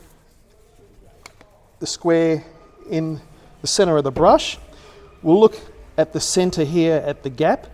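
A roller brush is lined up on its drive shaft, with the square drive in the centre of the brush aligned to the shaft and the gap between the flange and the end of the brush checked before pushing it on. Someone talks throughout, and two faint short ticks come at 1.3 s and 1.4 s. The brush has not been pushed on or clicked into place yet.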